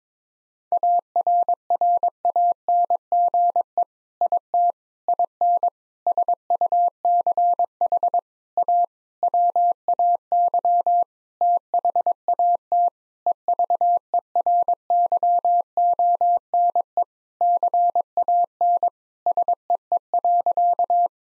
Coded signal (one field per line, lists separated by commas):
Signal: Morse code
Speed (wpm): 21 wpm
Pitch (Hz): 700 Hz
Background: none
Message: ARRANGE IT IN SUCH A WAY THAT EVERYONE CAN SEE.